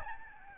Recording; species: mosquito wingbeat signal from an infrared sensor; Aedes albopictus